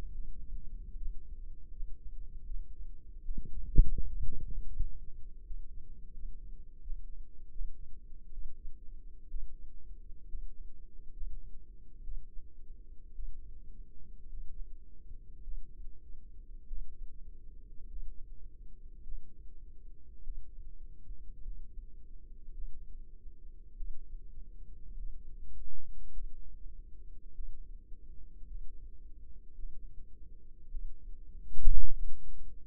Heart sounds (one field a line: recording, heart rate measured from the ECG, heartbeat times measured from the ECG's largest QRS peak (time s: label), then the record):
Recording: heart sounds by microphone in the left ear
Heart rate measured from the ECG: 60 bpm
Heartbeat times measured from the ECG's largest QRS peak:
0.13 s: heartbeat
0.97 s: heartbeat
1.71 s: heartbeat
2.45 s: heartbeat
3.24 s: heartbeat
4.02 s: heartbeat
4.75 s: heartbeat
5.45 s: heartbeat
6.14 s: heartbeat
6.82 s: heartbeat
7.51 s: heartbeat
8.32 s: heartbeat
9.29 s: heartbeat
10.28 s: heartbeat
11.12 s: heartbeat
12.03 s: heartbeat
13.14 s: heartbeat
14.29 s: heartbeat
15.43 s: heartbeat
16.67 s: heartbeat
17.87 s: heartbeat
19.03 s: heartbeat
20.23 s: heartbeat
21.42 s: heartbeat
22.53 s: heartbeat
23.76 s: heartbeat
24.94 s: heartbeat
26.12 s: heartbeat
27.34 s: heartbeat
28.46 s: heartbeat
29.54 s: heartbeat
30.70 s: heartbeat
31.92 s: heartbeat
From the record:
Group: healthy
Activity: rest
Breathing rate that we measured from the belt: 16 breaths a minute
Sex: female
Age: 28 years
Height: 170 cm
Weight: 77 kg